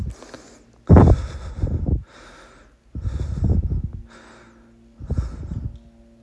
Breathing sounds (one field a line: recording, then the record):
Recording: deep breathing after running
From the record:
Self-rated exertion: light exertion (2 of 6)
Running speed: 8 miles an hour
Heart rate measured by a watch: 100 beats a minute at the start, 101 at the end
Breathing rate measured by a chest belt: 19 breaths a minute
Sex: male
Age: 37 years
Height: 174 cm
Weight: 76 kg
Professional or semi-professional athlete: no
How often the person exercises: over 5 times a week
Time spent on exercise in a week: over 5 hours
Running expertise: yes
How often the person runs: 3 to 5 times a week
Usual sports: running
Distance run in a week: 70 km